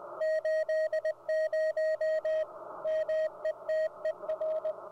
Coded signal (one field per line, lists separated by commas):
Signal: Morse code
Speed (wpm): 21 wpm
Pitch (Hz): 630 Hz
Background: music, radio noise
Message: 80 METER